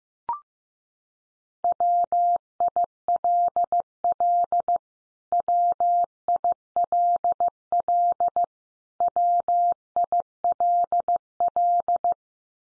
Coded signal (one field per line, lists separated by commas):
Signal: Morse code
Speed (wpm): 15 wpm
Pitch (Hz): 700 Hz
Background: none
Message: WILL WILL WILL